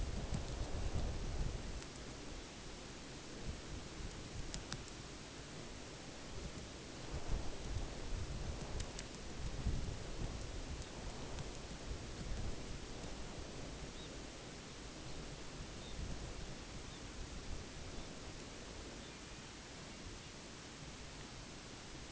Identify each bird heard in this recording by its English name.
Red Phalarope